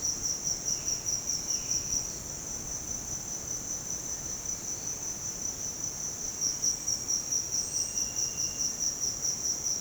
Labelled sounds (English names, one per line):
Violaceous Jay
Cinereous Tinamou